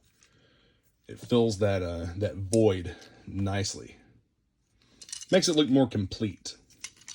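A 3D-printed plastic upgrade piece is handled and fitted toward a void on an action figure while someone talks, with a few faint small clicks and handling taps around the speech. Nothing has seated or clicked into place yet.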